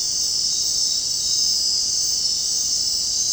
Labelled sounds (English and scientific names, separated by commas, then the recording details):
none
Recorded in dense forest near Puerto Asís, Putumayo, Colombia, on 22 June 2025 at 20:00
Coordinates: 0.499, -76.324
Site G100